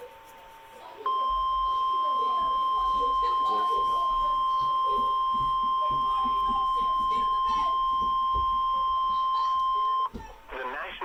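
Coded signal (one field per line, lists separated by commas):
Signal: Emergency Alert System (SAME) tones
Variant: 1050 Hz attention tone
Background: speech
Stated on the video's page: Severe thunderstorm warning from the National Weather Service in Fort Worth.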